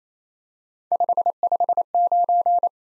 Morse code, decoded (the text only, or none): 559